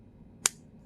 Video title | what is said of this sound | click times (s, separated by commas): ASHER KNIVES NOMAD REVIEW GOOD & BAD | it's very it's a loud snap | 0.5 s